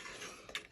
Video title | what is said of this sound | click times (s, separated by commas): Easy as Pie Handmade Cherry Card with Stampin' Up! Sweetest Cherries | listen for that click because then you know it's closed | 0.6 s